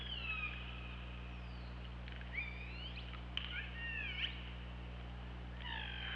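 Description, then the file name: Killer whale calls, several short harmonic upsweeps and tonal bursts scattered throughout, with a few sharp clicks and a steady low hum beneath. Underwater hydrophone recording from OrcaLab, 24 August 2017, at 23:32 at night. "Orca Lab UTLN JASON 20170824 233249"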